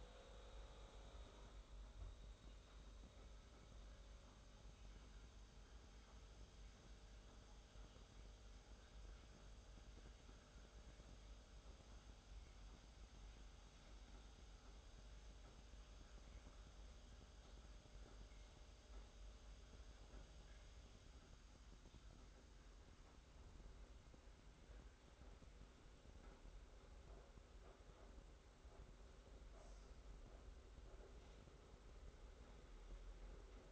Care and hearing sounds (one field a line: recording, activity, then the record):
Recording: daily activity, microphone in the room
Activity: make coffee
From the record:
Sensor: 3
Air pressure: 991.7 hPa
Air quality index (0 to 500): 180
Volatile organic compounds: 1000 ppm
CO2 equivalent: 6035 ppm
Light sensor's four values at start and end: 41/116/47/41 and 41/117/47/42